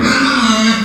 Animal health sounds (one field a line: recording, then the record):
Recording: squeal of a Yucatan mini pig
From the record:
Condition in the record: after surgery on the right vocal fold (resection and tissue-engineered implant)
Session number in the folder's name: 14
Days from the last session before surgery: 133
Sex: female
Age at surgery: 19 weeks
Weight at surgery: 25 kg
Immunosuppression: prednisolone